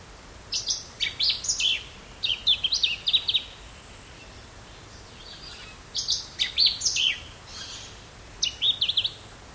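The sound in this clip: Lemon-bellied flyrobin song: bursts of rapid high chips and twittering notes in phrases of about half a second to one and a half seconds, separated by pauses, over steady background noise.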